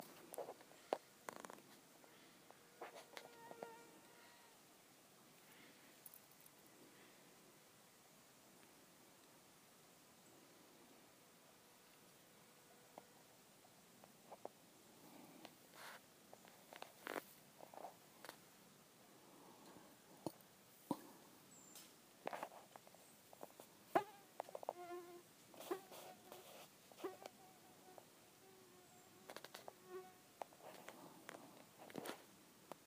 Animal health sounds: mosquito flight sound by mobile phone; Aedes sierrensis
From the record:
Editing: field recording with all noises

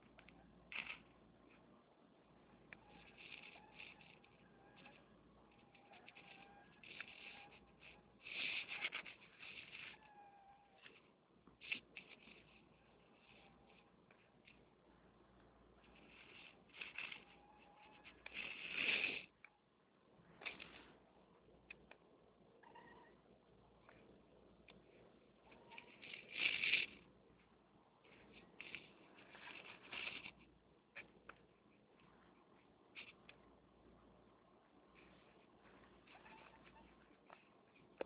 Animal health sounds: mosquito flight sound by mobile phone; Anopheles minimus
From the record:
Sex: male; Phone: Nokia 6555B

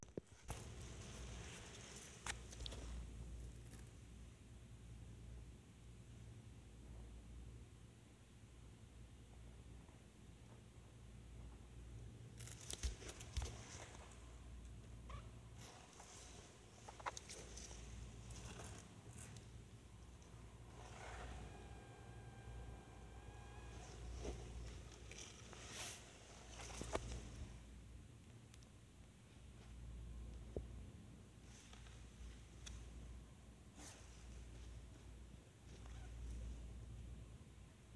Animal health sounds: mosquito flight sound by mobile phone; Anopheles minimus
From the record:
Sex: female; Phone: Sony Xperia

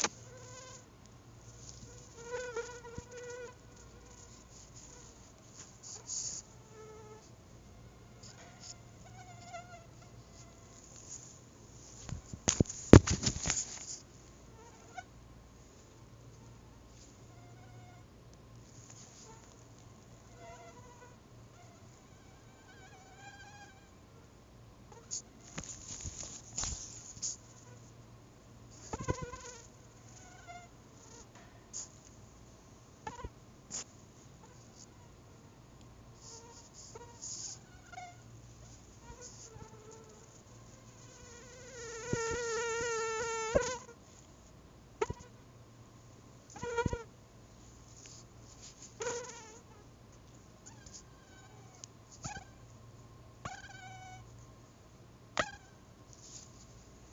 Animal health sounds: mosquito flight sound by mobile phone; Anopheles albimanus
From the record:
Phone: Google Nexus

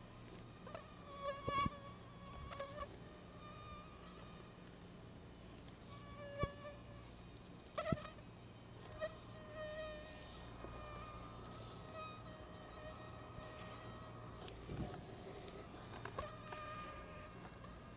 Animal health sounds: mosquito flight sound by mobile phone; Aedes albopictus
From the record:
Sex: female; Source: CDC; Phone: Google Nexus

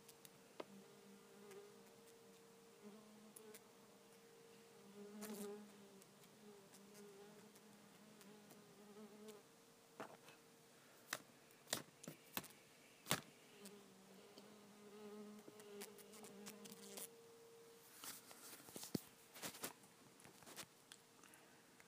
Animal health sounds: mosquito flight sound by mobile phone; Culiseta incidens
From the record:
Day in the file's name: 2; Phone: iPhone 5

